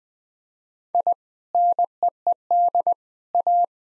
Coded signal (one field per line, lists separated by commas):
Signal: Morse code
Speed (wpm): 20 wpm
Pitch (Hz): 700 Hz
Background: none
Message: I NEED A